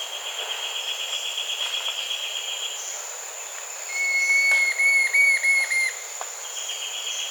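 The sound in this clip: Bird giving clear whistled notes that waver and break into short slurred pieces for about two seconds, over a steady high insect-like hum and faint clicks.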